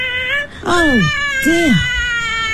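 A child screams and cries in two loud, high-pitched wails, each rising then falling, the first longer than the second, over a steady humming background.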